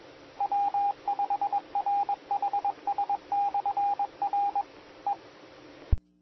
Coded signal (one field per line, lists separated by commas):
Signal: Morse code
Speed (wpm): 21 wpm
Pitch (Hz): 810 Hz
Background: radio noise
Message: W5RHS/R E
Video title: 2020-08-27 - W5RHS SKYWARN Repeater System 147.1200 and 146.8050 MHz